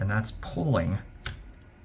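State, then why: Released. Someone talks while a roll pin is driven out of a Honda 4-track high-security ignition lock housing during teardown. At 1.3 s the roll-pinned piece pulls forward with a single sharp snap, showing the roll pin has come out and the piece is released.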